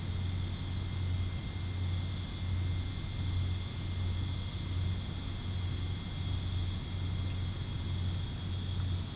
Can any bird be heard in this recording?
no